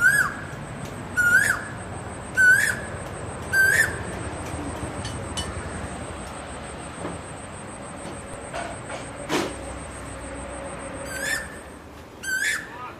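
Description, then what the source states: Asian koel with four rising whistles, a pause broken by a sharp knock, then two fainter calls near the end; a high whine persists. Calling to find a mate.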